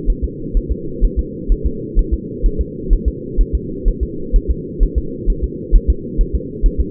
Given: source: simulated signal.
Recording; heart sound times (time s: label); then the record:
fetal heart sounds
0.10 s: S1
0.24 s: S2
0.57 s: S1
0.72 s: S2
1.04 s: S1
1.19 s: S2
1.52 s: S1
1.66 s: S2
1.99 s: S1
2.14 s: S2
2.46 s: S1
2.61 s: S2
2.93 s: S1
3.08 s: S2
3.41 s: S1
3.55 s: S2
3.88 s: S1
4.03 s: S2
4.36 s: S1
4.50 s: S2
4.83 s: S1
4.98 s: S2
5.30 s: S1
5.44 s: S2
5.75 s: S1
5.90 s: S2
6.21 s: S1
6.35 s: S2
6.66 s: S1
6.80 s: S2
From the record:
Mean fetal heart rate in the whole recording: 130 bpm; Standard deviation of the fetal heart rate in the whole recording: 4 bpm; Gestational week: 38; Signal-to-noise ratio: -4.3 dB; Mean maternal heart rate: 72 bpm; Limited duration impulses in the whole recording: present